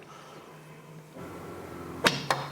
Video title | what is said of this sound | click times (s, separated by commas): Hitchcocks performance camshaft, Royal Enfield 350 Meteor, Hunter & Classic Reborn | Right, I just heard that click, so that means it's in the lock position now. | 2.1 s, 2.3 s